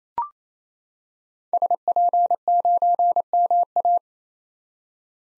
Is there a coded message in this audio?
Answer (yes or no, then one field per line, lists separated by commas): yes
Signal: Morse code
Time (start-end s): 1.5-4.0 s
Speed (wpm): 28 wpm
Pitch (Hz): 700 Hz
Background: none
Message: SP9MA